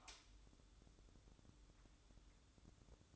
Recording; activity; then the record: daily activity, microphone in the room; light on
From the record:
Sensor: 3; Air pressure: 1007.9 hPa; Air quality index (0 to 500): 91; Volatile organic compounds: 1 ppm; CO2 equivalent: 766 ppm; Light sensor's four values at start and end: 12/27/11/11 and 19/50/22/20